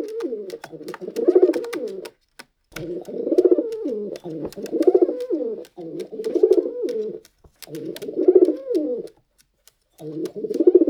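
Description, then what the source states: Pigeon giving repeated deep, warbling coos in near-continuous bursts, with brief gaps and light tapping sounds in the background. Pigeon walking while cooing.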